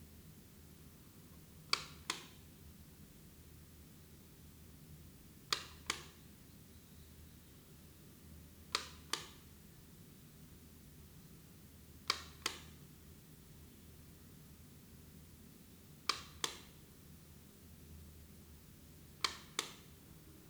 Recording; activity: daily activity, guitar pickup as the sensor; operate light